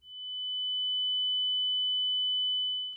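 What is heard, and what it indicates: A steady, high-pitched synthesized pure tone near 3 kHz holds unchanged for about three seconds, simulating how a person with deafness perceives sound; deafness is a disability, and the hard of hearing simply hear a little less well.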